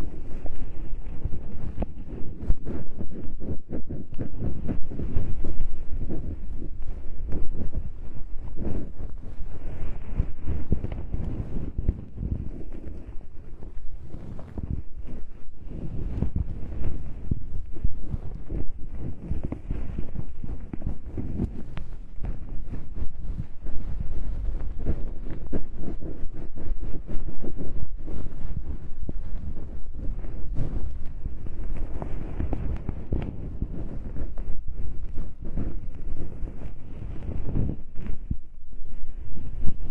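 Ear cleaning for fluffy earwax, heard as a continuous, dense rubbing and rustling that never pauses across the whole stretch. The sound is muffled and low, with quick crackly flickers running through it at a steady, even loudness.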